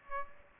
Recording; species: mosquito wingbeat signal from an infrared sensor; Aedes aegypti